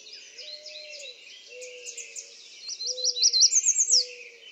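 American redstart song: a quick series of high, thin notes ending in a sharp downslurred note, over other high-pitched sounds and repeated low whistled tones.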